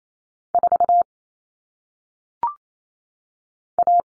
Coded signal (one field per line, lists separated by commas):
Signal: Morse code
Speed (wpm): 28 wpm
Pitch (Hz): 700 Hz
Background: none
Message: 4 A